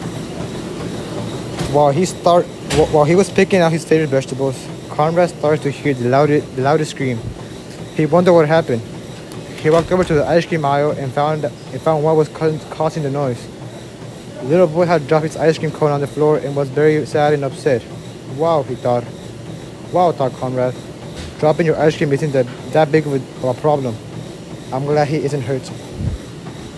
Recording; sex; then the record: reading aloud after running; male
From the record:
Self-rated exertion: very light exertion (1 of 6); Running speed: 6 miles an hour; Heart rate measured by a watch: 50 beats a minute at the start, 120 at the end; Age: 18 years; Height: 179 cm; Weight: 72 kg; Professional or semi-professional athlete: no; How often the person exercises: 3 to 5 times a week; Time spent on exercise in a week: 3 to 4 hours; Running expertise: yes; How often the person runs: under once a week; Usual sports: weight training, basketball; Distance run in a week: 1 km